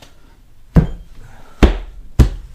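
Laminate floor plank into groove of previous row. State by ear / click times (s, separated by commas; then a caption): seated / 0.8 s, 1.6 s, 2.2 s. A laminate floor plank's tongue is angled into the groove of the previous row and the plank is pushed down until it snaps together. Three sharp snaps are heard at 0.8, 1.6 and 2.2 seconds, and the plank is seated in place.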